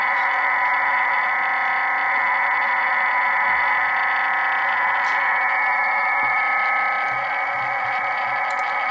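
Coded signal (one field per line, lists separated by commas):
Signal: digital SSTV (DRM)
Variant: HamDRM, OFDM QAM64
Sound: continuous rough rushing hiss confined to a band, steady for nine seconds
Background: radio static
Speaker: jsou ofdm šifrování v modulaci kvam 64 každá nosná ofdm vy kódovaná v klamu 64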